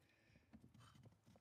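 A Pedal Commander harness connector is handled at the accelerator pedal's sensor plug of a 4th Gen 4Runner, tab facing the center console, with soft low rustling and handling thuds. Nothing has seated or clicked yet; the clip ends before the connector goes home.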